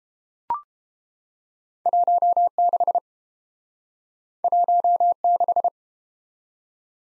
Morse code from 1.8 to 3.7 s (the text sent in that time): 16